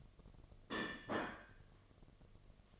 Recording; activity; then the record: daily activity, microphone in the room; place plate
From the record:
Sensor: 4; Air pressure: 1005.1 hPa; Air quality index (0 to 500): 183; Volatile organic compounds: 5 ppm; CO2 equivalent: 1800 ppm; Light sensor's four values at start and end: 5/11/4/4 and 5/11/4/4